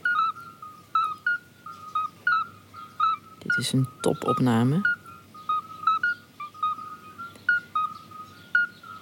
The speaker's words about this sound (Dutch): Het is de lokroep van de vroedmeesterpad. En als ze met meer zijn, is het een soort klokkenspel. En in het Limburgs heten ze dan ook klungelkens.